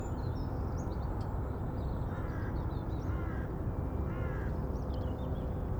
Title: GameAudioGDC. Ambience. Morning. Small Port, waterfront, calm. Spacious & busy birdsong. Crows creaking